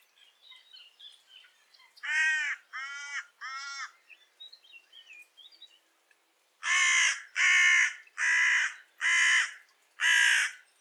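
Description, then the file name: Carrion crow calling: soft scattered notes, then three rasping caws, a pause, and a run of five loud, evenly spaced caws. "Corvus corone"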